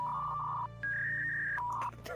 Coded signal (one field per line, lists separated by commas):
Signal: fax machine handshake